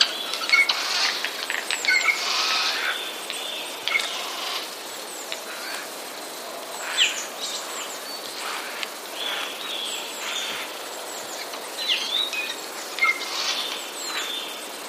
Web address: wroblowe ostrzegator szczebiot sojek 31 03 2013